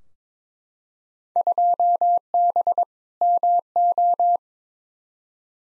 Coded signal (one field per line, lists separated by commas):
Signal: Morse code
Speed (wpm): 22 wpm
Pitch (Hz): 700 Hz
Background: none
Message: 2B MO